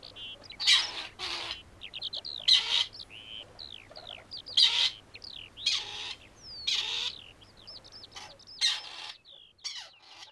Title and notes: Peltopyy. Viikon luontoäänen esitteli Juha Laaksonen